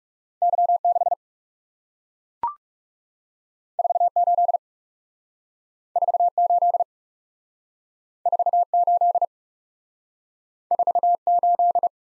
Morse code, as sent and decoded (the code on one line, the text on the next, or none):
-.-- / -.... / ....- / ---.. / ....- / ---.. / ....- / ---.. / ....- / ---..
Y 6 4 8 4 8 4 8 4 8